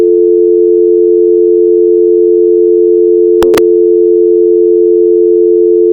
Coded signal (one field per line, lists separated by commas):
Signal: telephone call progress tone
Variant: North America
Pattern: dial tone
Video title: Dial Tone American sound effect|Dial Tone American sound|Dial Tone American hd|American Dial Tone